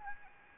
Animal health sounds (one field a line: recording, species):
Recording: mosquito wingbeat signal from an infrared sensor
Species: Anopheles arabiensis